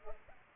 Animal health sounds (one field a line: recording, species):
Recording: mosquito wingbeat signal from an infrared sensor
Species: Culex pipiens